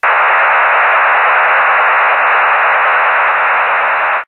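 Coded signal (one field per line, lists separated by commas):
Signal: HF data modem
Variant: STANAG 4285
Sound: steady dense rushing hiss, like a roaring wideband buzz, stopping abruptly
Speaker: but it's actually a stanag 4285 and it is nato communication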